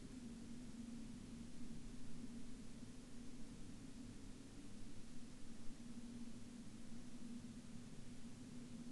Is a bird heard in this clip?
no